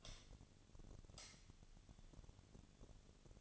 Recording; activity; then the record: daily activity, microphone in the room; light on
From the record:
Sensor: 4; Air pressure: 1010.7 hPa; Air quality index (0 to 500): 170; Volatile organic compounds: 5 ppm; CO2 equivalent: 1733 ppm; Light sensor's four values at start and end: 38/110/44/45 and 38/111/44/45